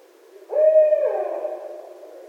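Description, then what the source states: Barred owl hoot: one long hooted note that holds level, then drops in pitch and trails off. Recorded 1 December 2011.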